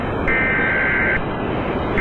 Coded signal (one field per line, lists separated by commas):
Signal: Emergency Alert System (SAME) tones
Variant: header bursts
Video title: Reacting To EAS Scenarios #71 and #95: ??? And !!! By Superstar Studios Animations